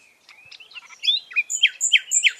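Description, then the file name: Common nightingale song: a brief rising phrase of whistled notes building into a run of loud, evenly spaced sharp notes. "Luscinia megarhynchos"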